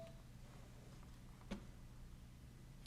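Someone presses a soft silicone lens protector ring onto a lens of a Meta Quest 3 VR headset, expecting it to snap into place, but it does not catch. Over a low steady hum there is only a faint tick at about 1.5 s, and the ring has not yet seated or clicked.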